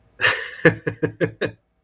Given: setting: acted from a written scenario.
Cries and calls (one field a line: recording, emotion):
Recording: vocal sound without words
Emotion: amusement